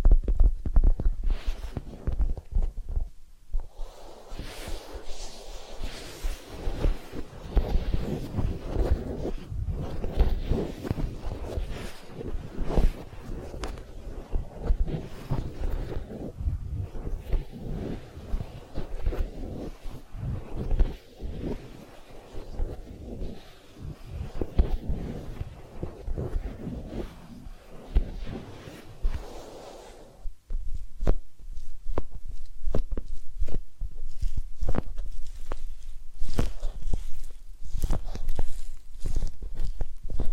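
Massage and ear cleaning sounds: dense, irregular rubbing and scratching with many quick taps and crackles throughout. From about 4 to 30 seconds a softer, steadier brushing layer fills the middle, then the last ten seconds turn sparser and sharper, with crisp clicking strokes.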